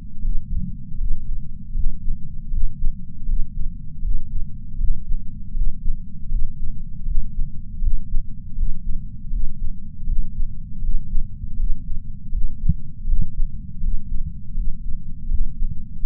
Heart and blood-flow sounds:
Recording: heart sounds by patch sensor on the chest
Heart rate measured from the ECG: 80 bpm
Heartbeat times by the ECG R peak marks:
0.22 s: heartbeat
0.98 s: heartbeat
1.74 s: heartbeat
2.51 s: heartbeat
3.26 s: heartbeat
4.02 s: heartbeat
4.78 s: heartbeat
5.54 s: heartbeat
6.29 s: heartbeat
7.05 s: heartbeat
7.81 s: heartbeat
8.56 s: heartbeat
9.31 s: heartbeat
10.06 s: heartbeat
10.82 s: heartbeat
11.57 s: heartbeat
12.32 s: heartbeat
13.07 s: heartbeat
13.81 s: heartbeat
14.55 s: heartbeat
15.28 s: heartbeat
16.02 s: heartbeat
From the record:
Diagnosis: coronary artery disease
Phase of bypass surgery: preoperative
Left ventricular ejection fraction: 63.3%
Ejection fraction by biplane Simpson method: 60.1%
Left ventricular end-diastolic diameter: 44 mm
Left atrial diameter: 34 mm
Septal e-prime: 5.7 cm/s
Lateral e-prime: 6.6 cm/s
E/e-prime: 12.8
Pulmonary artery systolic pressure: 18 mmHg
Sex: female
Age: 71 years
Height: 150 cm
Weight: 59 kg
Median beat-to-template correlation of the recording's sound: 0.93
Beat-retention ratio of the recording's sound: 0.99

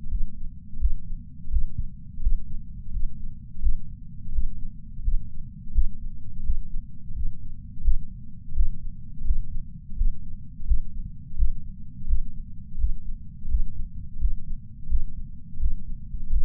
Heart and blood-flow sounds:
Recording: heart sounds by patch sensor on the chest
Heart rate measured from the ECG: 85 bpm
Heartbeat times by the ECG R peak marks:
0.09 s: heartbeat
0.79 s: heartbeat
1.50 s: heartbeat
2.21 s: heartbeat
2.91 s: heartbeat
3.61 s: heartbeat
4.32 s: heartbeat
5.03 s: heartbeat
5.73 s: heartbeat
6.43 s: heartbeat
7.14 s: heartbeat
7.82 s: heartbeat
8.54 s: heartbeat
9.24 s: heartbeat
9.96 s: heartbeat
10.66 s: heartbeat
11.36 s: heartbeat
12.07 s: heartbeat
12.78 s: heartbeat
13.48 s: heartbeat
14.19 s: heartbeat
14.88 s: heartbeat
15.59 s: heartbeat
16.29 s: heartbeat
From the record:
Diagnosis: coronary artery disease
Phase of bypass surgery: postoperative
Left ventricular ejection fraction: 53.3%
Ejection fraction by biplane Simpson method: 55.1%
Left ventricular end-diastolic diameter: 44 mm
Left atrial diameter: 43 mm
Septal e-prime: 6 cm/s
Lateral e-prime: 8.6 cm/s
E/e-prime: 11.9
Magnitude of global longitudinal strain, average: 15.4%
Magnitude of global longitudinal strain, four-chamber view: 16.2%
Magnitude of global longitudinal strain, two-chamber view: 15.5%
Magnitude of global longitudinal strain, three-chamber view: 14.5%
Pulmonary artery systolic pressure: 30 mmHg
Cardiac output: 3.65 L/min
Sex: male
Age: 64 years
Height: 175 cm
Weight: 85 kg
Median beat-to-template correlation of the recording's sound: 0.88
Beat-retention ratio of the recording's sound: 1.00

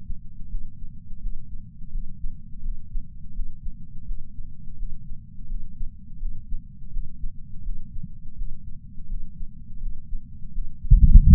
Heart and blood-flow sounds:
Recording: heart sounds by patch sensor on the chest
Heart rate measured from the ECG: 84 bpm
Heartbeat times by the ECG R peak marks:
0.48 s: heartbeat
1.19 s: heartbeat
1.90 s: heartbeat
2.61 s: heartbeat
3.33 s: heartbeat
4.05 s: heartbeat
4.76 s: heartbeat
5.47 s: heartbeat
6.18 s: heartbeat
6.90 s: heartbeat
7.62 s: heartbeat
8.35 s: heartbeat
9.07 s: heartbeat
9.79 s: heartbeat
10.51 s: heartbeat
11.24 s: heartbeat
From the record:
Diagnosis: coronary artery disease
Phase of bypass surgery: postoperative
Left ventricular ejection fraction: 62.1%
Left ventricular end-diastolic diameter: 45 mm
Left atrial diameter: 35 mm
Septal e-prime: 9.8 cm/s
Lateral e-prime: 10.5 cm/s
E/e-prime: 7.1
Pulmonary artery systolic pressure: 25 mmHg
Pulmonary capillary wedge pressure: 8 mmHg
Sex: male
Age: 58 years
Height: 172 cm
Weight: 75 kg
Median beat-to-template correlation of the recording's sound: 0.93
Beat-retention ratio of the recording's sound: 0.99

